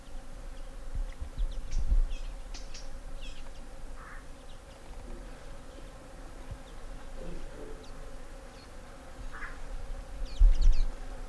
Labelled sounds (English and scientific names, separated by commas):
Cape Verde Warbler (Acrocephalus brevipennis) call